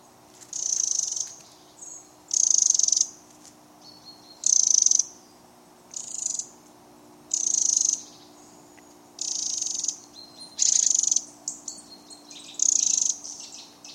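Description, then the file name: Eurasian wren repeating brief, buzzy high rattles roughly every one to two seconds, eight bursts in all, with faint thin tones between them over a low background hum. "Troglodytes troglodytes"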